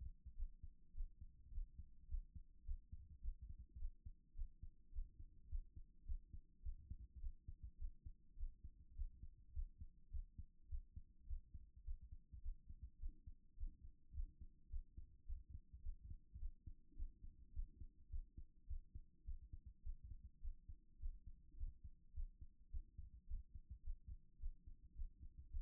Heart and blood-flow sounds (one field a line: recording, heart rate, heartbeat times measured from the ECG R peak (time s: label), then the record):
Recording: heart sounds by stethoscope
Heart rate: 105 bpm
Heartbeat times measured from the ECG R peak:
0.34 s: heartbeat
0.91 s: heartbeat
1.49 s: heartbeat
2.06 s: heartbeat
2.63 s: heartbeat
3.19 s: heartbeat
3.76 s: heartbeat
4.33 s: heartbeat
4.89 s: heartbeat
5.46 s: heartbeat
6.03 s: heartbeat
6.60 s: heartbeat
7.18 s: heartbeat
7.76 s: heartbeat
8.34 s: heartbeat
8.93 s: heartbeat
9.51 s: heartbeat
10.09 s: heartbeat
10.66 s: heartbeat
11.24 s: heartbeat
11.82 s: heartbeat
12.39 s: heartbeat
12.97 s: heartbeat
13.54 s: heartbeat
14.11 s: heartbeat
14.67 s: heartbeat
15.24 s: heartbeat
15.80 s: heartbeat
16.37 s: heartbeat
16.93 s: heartbeat
17.50 s: heartbeat
18.07 s: heartbeat
18.65 s: heartbeat
19.23 s: heartbeat
19.81 s: heartbeat
20.39 s: heartbeat
20.97 s: heartbeat
21.54 s: heartbeat
22.11 s: heartbeat
22.68 s: heartbeat
23.25 s: heartbeat
23.81 s: heartbeat
24.37 s: heartbeat
24.93 s: heartbeat
25.48 s: heartbeat
From the record:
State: after exercise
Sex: male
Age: 37 years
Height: 170 cm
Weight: 86 kg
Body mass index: 29.76